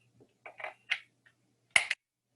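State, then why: Seated. A battery is pushed into the body of a GNSS receiver, with a few soft handling taps and scrapes around 0.5 to 0.9 seconds over a faint low hum. A sharp, loud click at 1.8 seconds, followed by a smaller second click at 1.9 seconds, marks the battery locking in place, fully seated.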